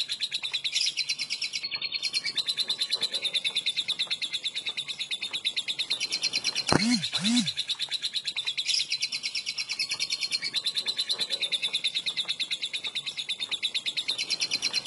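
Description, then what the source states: Lovebird trill, a long chattering stream of rapid high-pitched pulses kept up without pause, with a pair of brief low swoops interrupting it partway through. Long ngekek trill used as a lure (kicau pancingan).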